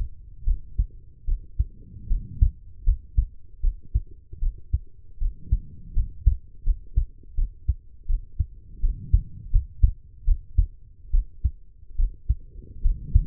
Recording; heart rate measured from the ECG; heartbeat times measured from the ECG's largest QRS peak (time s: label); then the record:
heart sounds by stethoscope; 78 bpm
0.44 s: heartbeat
1.25 s: heartbeat
2.07 s: heartbeat
2.84 s: heartbeat
3.60 s: heartbeat
4.39 s: heartbeat
5.18 s: heartbeat
5.93 s: heartbeat
6.63 s: heartbeat
7.35 s: heartbeat
8.06 s: heartbeat
8.80 s: heartbeat
9.51 s: heartbeat
10.25 s: heartbeat
11.11 s: heartbeat
11.96 s: heartbeat
12.81 s: heartbeat
From the record:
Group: healthy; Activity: rest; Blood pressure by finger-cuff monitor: 111/74 mmHg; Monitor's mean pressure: 84 mmHg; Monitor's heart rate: 75 bpm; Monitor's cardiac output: 5.5 L/min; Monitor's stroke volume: 73 mL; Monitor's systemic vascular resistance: 1120 dyn s/cm5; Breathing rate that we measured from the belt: 16 breaths a minute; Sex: female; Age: 23 years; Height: 160 cm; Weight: 50.4 kg